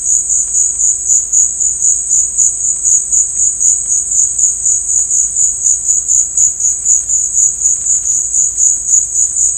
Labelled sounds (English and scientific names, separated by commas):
none